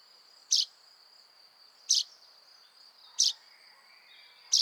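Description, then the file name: Common chaffinch giving four crisp, high call notes at about 1.3-second intervals against a continuous shrill insect-like hum. "Fringilla coelebs"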